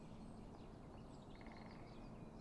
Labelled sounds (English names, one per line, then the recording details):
Great Spotted Woodpecker
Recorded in Germany
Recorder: ecoPi